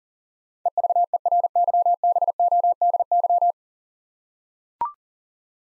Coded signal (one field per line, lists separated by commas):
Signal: Morse code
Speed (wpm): 40 wpm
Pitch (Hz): 700 Hz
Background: none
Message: EVERYBODY